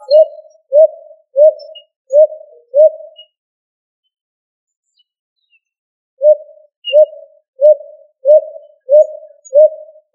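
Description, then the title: Pigeon giving cooing notes in a rhythmic run, then a silent gap of about three seconds before the regular coos resume. "Familia ColumbidaePomba"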